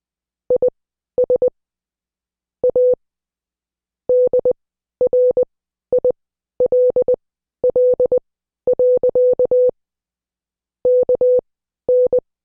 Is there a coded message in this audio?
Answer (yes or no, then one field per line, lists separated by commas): yes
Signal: Morse code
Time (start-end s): 0.5-12.2 s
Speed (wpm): 20 wpm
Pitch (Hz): 500 Hz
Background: none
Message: IS A DRILL. KN